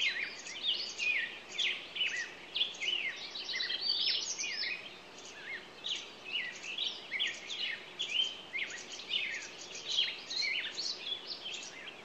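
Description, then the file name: Songbirds giving sharp high chirps and rapid warbled notes throughout, with soft steady noise behind. Morning songbirds. "Echoes Of Nature-Morning Songbirds"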